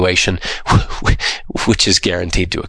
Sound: laughs